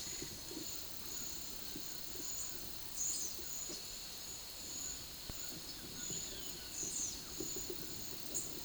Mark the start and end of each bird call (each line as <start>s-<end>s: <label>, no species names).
2.87s-3.39s: bird call
4.77s-7.19s: bird call
8.30s-8.60s: bird call